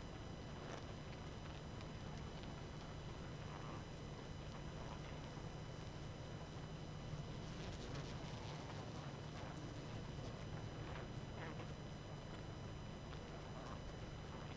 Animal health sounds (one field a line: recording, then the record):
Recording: honeybee colony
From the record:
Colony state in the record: active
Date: 12 June 2018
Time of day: 20:45